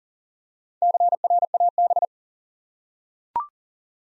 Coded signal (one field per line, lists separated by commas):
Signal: Morse code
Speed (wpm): 43 wpm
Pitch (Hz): 700 Hz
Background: none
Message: CRAB